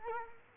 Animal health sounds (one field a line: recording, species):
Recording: mosquito wingbeat signal from an infrared sensor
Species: Culex quinquefasciatus